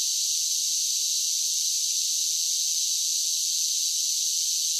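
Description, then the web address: Cicadas droning with an unvarying sizzling buzz that continues without interruption. Several cicadas singing, a buzzing insect song. "Blastwave INSECTS Cicadas Sing"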